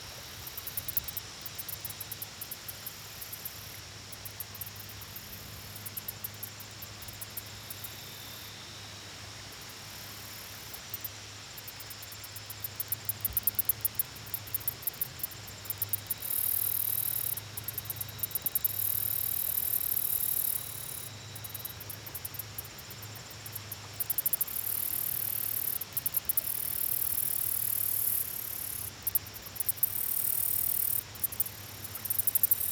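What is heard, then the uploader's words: A night scene near the water, filled with a thin, very high shrill, like insects, that comes and goes in long bursts throughout. Beneath it runs a steady low hum, as from an engine, over a soft, constant hiss. Nightime Near The Water.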